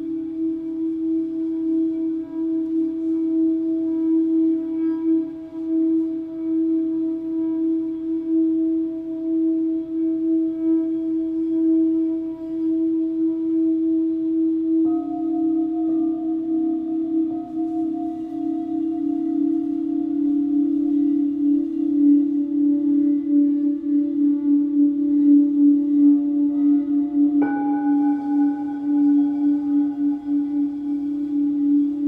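Crystal singing bowls ring in a sustained, steady low tone, with new bowls joining around 15 and 27 seconds, adding brighter overtones.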